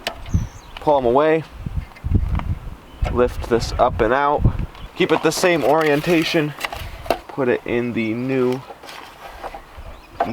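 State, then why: Seated. A plug-in memory module that looks like a RAM stick is moved from the old engine computer to the new PCM, kept in the same orientation, and pushed in until its retaining clips click. Someone talks through most of the clip, with a few small handling knocks. A sharp click at 10.2 s marks the module seating in the new engine control module.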